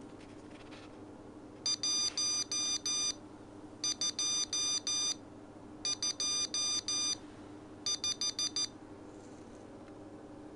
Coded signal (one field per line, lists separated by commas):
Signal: Morse code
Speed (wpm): 14 wpm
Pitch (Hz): 2400 Hz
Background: none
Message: 1225